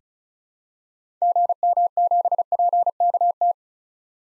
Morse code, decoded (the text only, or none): GM7PKT